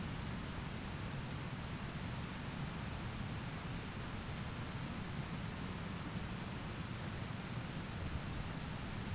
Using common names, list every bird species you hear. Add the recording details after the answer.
none. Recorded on Arctic tundra, site ZACK-1, on 13 June 2019. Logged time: 09:49